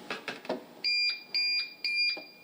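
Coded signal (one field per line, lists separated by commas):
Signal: none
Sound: boarding pass scanner beeps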